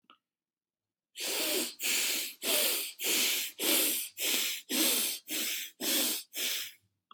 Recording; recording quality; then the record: shallow breathing; excellent, no background noise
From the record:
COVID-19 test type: RT-PCR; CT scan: not taken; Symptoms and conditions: cough, cold, breathing difficulty, sore throat, loss of smell and taste, asthma, hypertension, diabetes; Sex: male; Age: 23 years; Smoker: no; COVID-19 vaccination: both doses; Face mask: not worn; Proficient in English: yes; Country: India